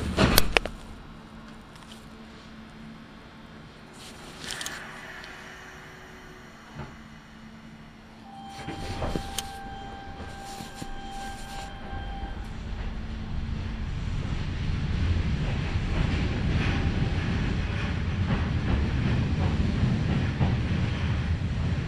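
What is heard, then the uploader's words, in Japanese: A local train ride, heard from inside the car. It opens fairly quiet, with sharp clunks and knocks over a steady low hum and a brief thin whine midway. From about fourteen seconds, a deep rolling rumble builds and thickens as the train gathers speed. 近鉄名古屋線各駅停車 川越富洲原→塩浜。車内はほぼガラガラです。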